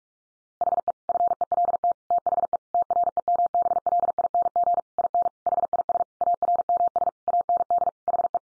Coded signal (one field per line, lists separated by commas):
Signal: Morse code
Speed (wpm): 44 wpm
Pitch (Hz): 700 Hz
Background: none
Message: HE FELT THE TREMBLING IN HIS ARMS AND HE